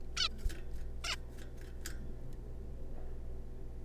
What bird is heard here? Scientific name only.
Taeniopygia guttata